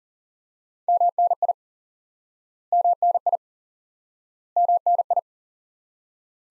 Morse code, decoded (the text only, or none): MNI MNI MNI